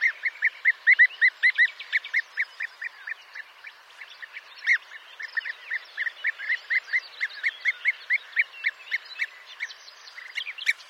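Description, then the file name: European bee-eater flock giving rolling, liquid 'prruip' calls, several birds overlapping in a quick steady patter, with fainter higher notes above. "Guepier d Europe"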